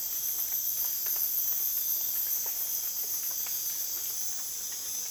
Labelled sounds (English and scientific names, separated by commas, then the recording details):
none
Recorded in dense forest near Puerto Asís, Putumayo, Colombia, on 25 June 2025 at 04:00
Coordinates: 0.484, -76.325
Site H65